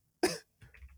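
One loud, harsh adult cough, sudden and brief, after the cough had been held in for a long time, followed by faint low rumbling background noise.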